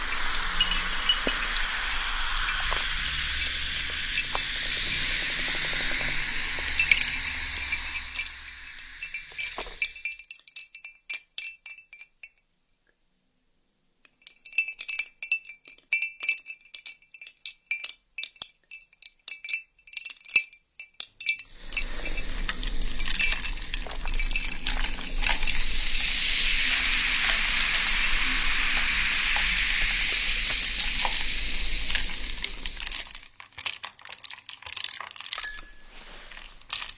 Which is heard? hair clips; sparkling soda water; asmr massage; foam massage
sparkling soda water